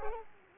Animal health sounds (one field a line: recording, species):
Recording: mosquito wingbeat signal from an infrared sensor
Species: Culex quinquefasciatus